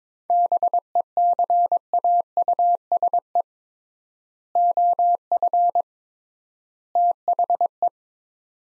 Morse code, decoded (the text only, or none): BECAUSE OF THE